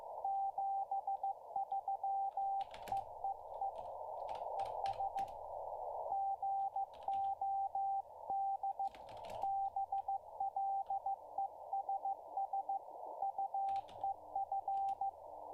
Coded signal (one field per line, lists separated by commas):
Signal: Morse code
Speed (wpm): 15 wpm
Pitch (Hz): 780 Hz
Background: radio noise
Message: 73 EEE ES GOD BLESS UEF